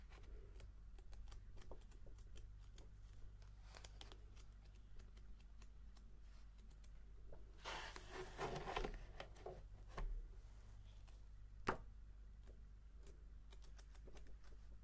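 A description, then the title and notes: Pages turn with a papery rustle near eight seconds, amid scattered taps and ticks, a sharp knock near twelve, over a steady low hum. Page Turning, Typing and Book Stamping.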